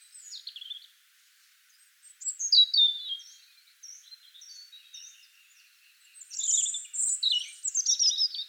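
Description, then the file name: European robin song, a sweet high phrase, then a series of thin repeated whistled notes, ending in a loud rapid cascade of twittering notes. "Erithacus rubecula"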